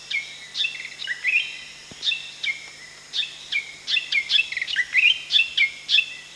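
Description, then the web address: Spotted fantail calling with short, high, thin notes, some rising or tinkling, given in a rapid uneven series and clustered into bursts, over a steady faint background hiss. Danum, 1 July 2008. "DANUM 20080701. spotted fantail"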